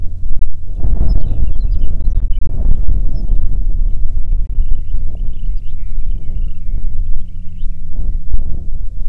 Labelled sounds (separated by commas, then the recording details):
songbird, aircraft
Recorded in the Prudhoe Bay oil fields, Alaska, on 5 June 2019 at 08:36
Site 16